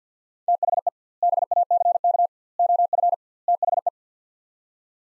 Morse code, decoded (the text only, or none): THE BACK OF THE